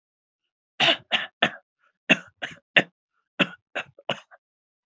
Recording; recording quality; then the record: shallow voluntary cough; excellent, no background noise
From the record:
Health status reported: exposed to COVID-19, no respiratory illness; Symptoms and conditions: muscle pain, hypertension, diabetes, ischaemic heart disease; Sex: male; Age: 70 years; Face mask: not worn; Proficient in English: yes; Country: India